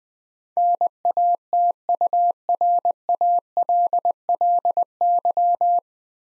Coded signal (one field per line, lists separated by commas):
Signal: Morse code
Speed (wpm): 20 wpm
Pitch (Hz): 700 Hz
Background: none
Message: NATURALLY